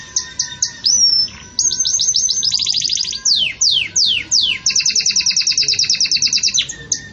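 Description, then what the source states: Belgian canary song: separate sharp notes, a whistled slide, fast rattling trills, bold descending sweeps, and a long even trill of repeated notes. Belgian canary; pure "campainha" (bell) song style delivered with pauses, for training.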